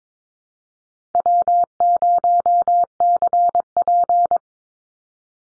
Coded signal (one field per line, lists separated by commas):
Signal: Morse code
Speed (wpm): 22 wpm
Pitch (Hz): 700 Hz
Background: none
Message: W0CP